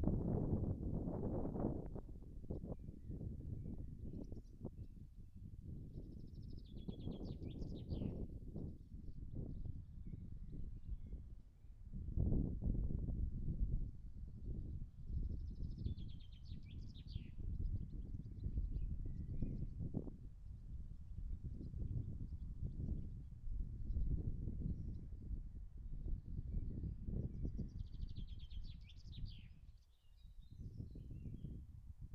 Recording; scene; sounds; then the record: everyday scene through a hearing-aid microphone; wind on the microphone; wind, birds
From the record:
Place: in front of a rural house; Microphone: behind the ear, right, front